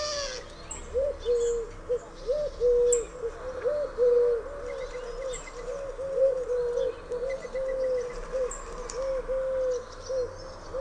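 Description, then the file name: Eurasian collared dove giving low coos repeated throughout, with faint high bird chirps and light background noise. "sierpowka"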